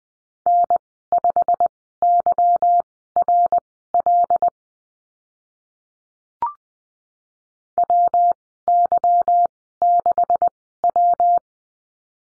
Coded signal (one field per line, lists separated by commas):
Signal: Morse code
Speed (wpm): 20 wpm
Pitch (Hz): 700 Hz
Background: none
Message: N5YRL WY6W